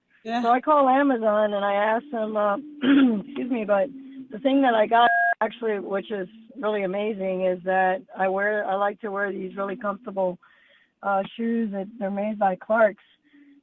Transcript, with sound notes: So, I call Amazon and I ask them, uh, (clears throat) excuse me. But the thing that I got, (beep) actually, which is really amazing is that, I wear, I like to wear these really comfortable, uh, shoes that, they're made by Clarks,